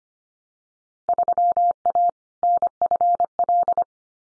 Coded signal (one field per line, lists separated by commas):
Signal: Morse code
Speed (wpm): 25 wpm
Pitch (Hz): 700 Hz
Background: none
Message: 3A NFL